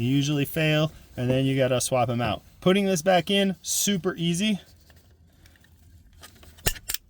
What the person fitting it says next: It just clicks back in.